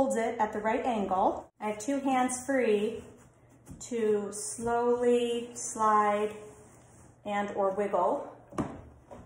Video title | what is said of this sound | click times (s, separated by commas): How to Install Vinyl Plank Flooring DIY Stay at Home Mom | it's because it's not completely snapped into place up here on this line | 8.6 s